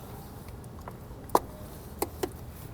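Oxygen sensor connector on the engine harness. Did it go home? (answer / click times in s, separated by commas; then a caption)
released / 1.4 s. On a 2012–2018 BMW N20 engine (F30/31 328i, F32 428i, F22 228i), the lock on the plastic oxygen sensor electrical connector at the back of the valve cover is pushed down until it clicks sharply at 1.4 s. The connector halves then pull apart very easily. Fainter ticks follow at 2.0 and 2.2 s over a low background hum.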